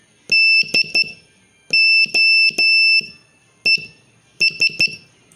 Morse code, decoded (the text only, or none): DOES